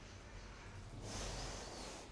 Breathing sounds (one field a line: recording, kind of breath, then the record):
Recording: one breath in and out by a microphone near the nose and mouth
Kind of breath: deep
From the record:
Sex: female